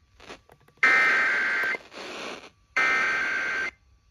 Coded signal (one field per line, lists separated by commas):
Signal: Emergency Alert System (SAME) tones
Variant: header bursts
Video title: [EAS #1474-#1475] Ventura County Monthly Tests